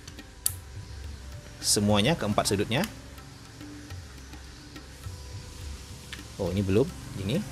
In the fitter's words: seperti itu Sampai bunyi klik